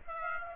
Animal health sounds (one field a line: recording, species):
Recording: mosquito wingbeat signal from an infrared sensor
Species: Aedes aegypti